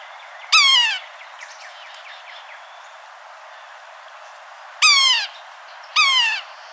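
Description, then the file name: Yellow-bellied sapsucker with three squealing, downslurred mewing calls, one early and two close together near the end. "yellow-bellied sapsucker by todd wilson"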